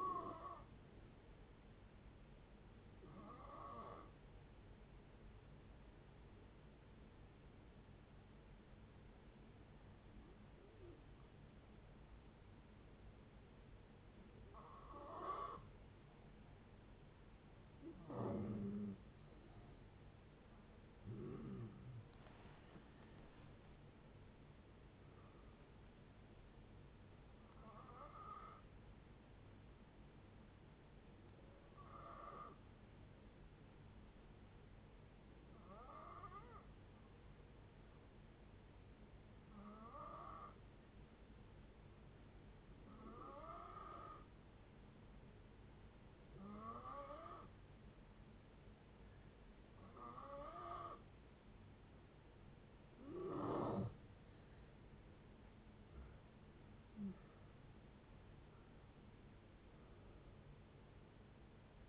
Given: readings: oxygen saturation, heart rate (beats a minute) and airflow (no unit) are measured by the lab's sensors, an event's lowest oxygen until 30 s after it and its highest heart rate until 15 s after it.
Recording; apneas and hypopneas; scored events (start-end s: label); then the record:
breathing in sleep by a voice recorder at the bedside; 2
3.00-20.40 s: hypopnea (N2, oxygen 94% highest, then 87% lowest, heart rate 65 at the start, 79 highest)
30.00-55.60 s: hypopnea (N2, oxygen 95% highest, then 87% lowest, heart rate 71 at the start, 78 highest)
From the record:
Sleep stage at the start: N2 (light sleep); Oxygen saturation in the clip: 86 to 95%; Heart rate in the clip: 55 to 79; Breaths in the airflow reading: 15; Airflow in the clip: -10.3 to 13.0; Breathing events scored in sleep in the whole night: 496 in 5.4 hours asleep